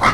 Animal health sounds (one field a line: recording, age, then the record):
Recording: pig call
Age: piglet (1 to 25 days)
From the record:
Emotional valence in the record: positive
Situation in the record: reunion after long isolation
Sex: female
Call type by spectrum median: low-frequency call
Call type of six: low-frequency tonal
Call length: 0.14 s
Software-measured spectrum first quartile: 831 Hz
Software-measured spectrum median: 1260 Hz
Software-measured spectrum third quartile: 1855 Hz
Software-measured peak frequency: 1285 Hz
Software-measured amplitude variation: 98 dB a second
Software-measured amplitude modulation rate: 10.3 a second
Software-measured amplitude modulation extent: 9.5 dB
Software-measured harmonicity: 0.2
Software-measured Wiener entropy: -1.10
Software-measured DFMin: 859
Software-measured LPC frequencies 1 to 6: 1250, 2065, 3322, 3859, 4673, 5453 Hz